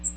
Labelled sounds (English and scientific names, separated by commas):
Magnolia Warbler (Setophaga magnolia) flight call